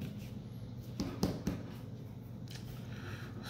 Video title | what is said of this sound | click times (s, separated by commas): Phone Repair LG K 8s - HerringTechnologies.net | going to feel that little click on that little latch catch with the uh the motherboard so | 1.0 s, 1.2 s